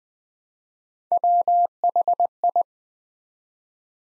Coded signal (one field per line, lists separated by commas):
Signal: Morse code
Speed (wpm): 20 wpm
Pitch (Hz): 700 Hz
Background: none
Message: WHI